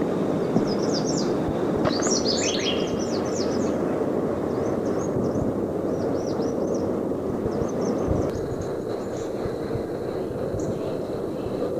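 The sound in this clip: American redstart song: a burst of high, thin, rapid notes early on, then fainter scattered high notes amid heavy low background noise.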